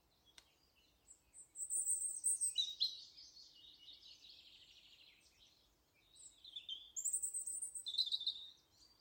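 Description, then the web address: European robin song: two high, thin warbling phrases of varied twittering notes, separated by a short pause. "Deverinetal 2025"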